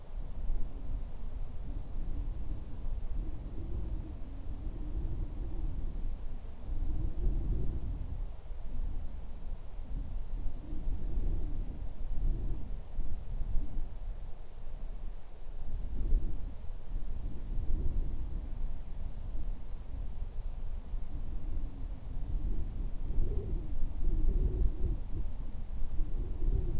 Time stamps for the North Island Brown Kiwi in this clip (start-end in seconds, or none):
none